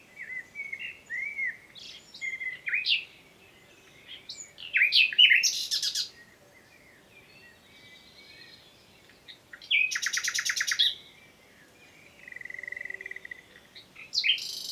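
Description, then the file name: Common nightingale song: several varied phrases of chirps and whistles, including a rapid buzzy trill lasting about a second, with short pauses between phrases. "Luscinia megarhynchos"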